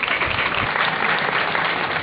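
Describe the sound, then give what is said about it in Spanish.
Loud, sustained applause from a crowd at the Día del Tomate in Cadreita, Navarra, welcoming the town's mayor to speak, a dense steady wash of many hands clapping at once with no pauses, holding an even level throughout. “Fuerte aplauso.”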